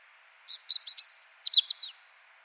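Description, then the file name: European robin song phrase: a short run of high, thin whistled and trilled notes, one sustained sliding whistle near the middle, lasting about one and a half seconds. "Erithacus rubecula"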